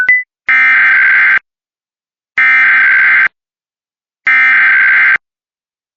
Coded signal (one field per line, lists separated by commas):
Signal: Emergency Alert System (SAME) tones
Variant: header bursts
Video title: Virginia CODI alert EAS #10 (Possibly an Amber Alert)